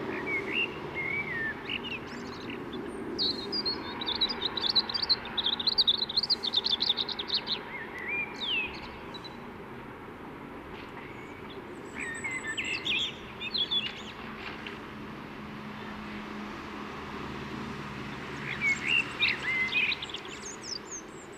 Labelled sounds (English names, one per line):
European Robin song